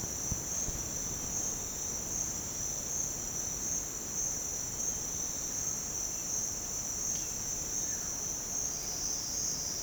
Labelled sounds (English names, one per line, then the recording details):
none
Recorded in secondary vegetation near Puerto Asís, Putumayo, Colombia, on 21 March 2025 at 08:00
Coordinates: 0.485, -76.322
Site G040